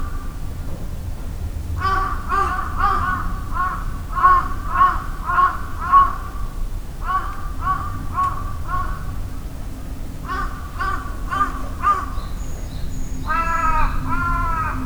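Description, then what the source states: Bird giving harsh cawing calls in quick runs of several notes, pausing briefly between runs, then a different rasping chatter near the end, with faint high whistles. Recorded 16 June 2008.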